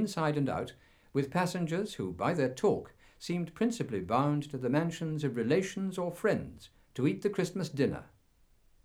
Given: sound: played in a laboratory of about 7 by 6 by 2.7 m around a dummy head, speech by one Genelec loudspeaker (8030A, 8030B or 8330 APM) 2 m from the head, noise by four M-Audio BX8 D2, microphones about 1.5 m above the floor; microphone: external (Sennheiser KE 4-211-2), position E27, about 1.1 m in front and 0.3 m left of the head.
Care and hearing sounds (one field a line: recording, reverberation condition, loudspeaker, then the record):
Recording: male speech in English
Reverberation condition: low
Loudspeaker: 30 degrees to the left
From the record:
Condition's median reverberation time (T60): about 310 ms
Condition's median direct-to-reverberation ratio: about 3.5 dB